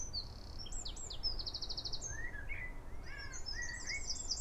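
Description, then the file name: Eurasian wren song with sharp high notes, a rapid trill and lower slurred notes, over low background noise. "Troglodytes troglodytes"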